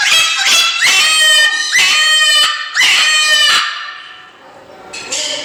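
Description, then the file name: Salmon-crested cockatoo with piercing, harsh screams rich in overtones, repeated in a loose series, then a pause and one more scream. Captive bird in a zoo, recorded 22 May 2016. "molukkskii kakadu oryot severskii zoopark"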